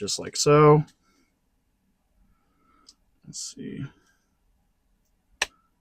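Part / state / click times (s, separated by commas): figure part onto hexagonal peg of the figure body / seated / 5.4 s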